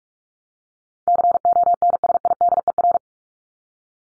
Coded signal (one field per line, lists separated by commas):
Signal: Morse code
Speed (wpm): 44 wpm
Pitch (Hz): 700 Hz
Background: none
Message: CONSIDER